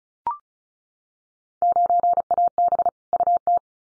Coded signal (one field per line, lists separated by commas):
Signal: Morse code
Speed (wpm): 34 wpm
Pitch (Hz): 700 Hz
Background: none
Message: 9AB UT